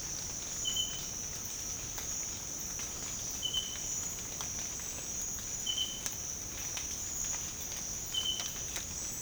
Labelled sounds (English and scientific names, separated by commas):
none